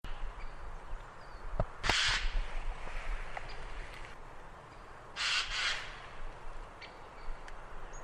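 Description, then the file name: Eurasian jay calls: two harsh, rasping screeches about three seconds apart over a low steady background rumble. "Garrulus glandarius"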